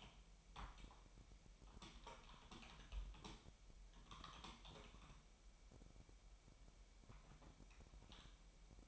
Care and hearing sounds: daily activity, microphone in the room; typing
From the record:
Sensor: 1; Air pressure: 1002.0 hPa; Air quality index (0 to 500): 244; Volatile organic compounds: 49 ppm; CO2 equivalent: 3285 ppm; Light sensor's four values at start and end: 8/29/10/12 and 8/29/11/12

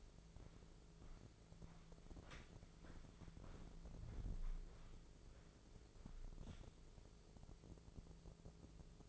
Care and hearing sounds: daily activity, microphone in the room; walk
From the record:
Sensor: 5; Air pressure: 1005.7 hPa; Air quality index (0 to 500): 85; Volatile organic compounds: 2 ppm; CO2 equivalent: 1030 ppm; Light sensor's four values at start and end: 33/76/30/28 and 33/76/30/28

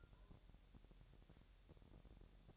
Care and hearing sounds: daily activity, microphone in the room; take from stove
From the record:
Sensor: 3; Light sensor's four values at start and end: 113/268/110/98 and 113/268/110/98

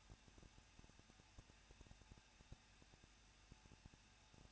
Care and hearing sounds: daily activity, microphone in the room; no activity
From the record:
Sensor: 2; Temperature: 21.0 degrees Celsius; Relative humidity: 37.3%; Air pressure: 1006.3 hPa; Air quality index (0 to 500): 220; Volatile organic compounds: 23 ppm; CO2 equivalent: 2783 ppm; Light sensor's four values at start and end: 2/3/2/2 and 2/3/2/2

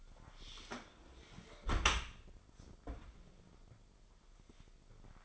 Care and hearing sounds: daily activity, microphone in the room; close dishwasher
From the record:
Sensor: 5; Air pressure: 995.9 hPa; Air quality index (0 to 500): 104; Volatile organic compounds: 7 ppm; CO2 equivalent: 2015 ppm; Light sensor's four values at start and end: 41/98/41/43 and 41/97/41/43

